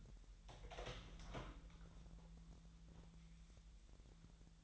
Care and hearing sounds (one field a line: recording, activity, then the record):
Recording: daily activity, microphone in the room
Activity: open door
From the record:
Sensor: 3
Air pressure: 1001.4 hPa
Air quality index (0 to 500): 249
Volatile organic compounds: 152 ppm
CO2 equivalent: 4033 ppm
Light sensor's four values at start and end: 12/30/12/12 and 13/31/13/13